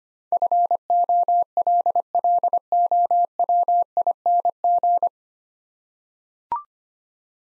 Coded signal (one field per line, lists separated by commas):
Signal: Morse code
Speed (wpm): 25 wpm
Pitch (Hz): 700 Hz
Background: none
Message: FOLLOWING